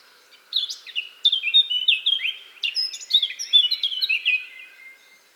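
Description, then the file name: Eurasian blackcap song: a continuous warble of rapid, varied whistled and fluty notes, rising and falling, with short swooping phrases one after another. "Sylvia atricapilla"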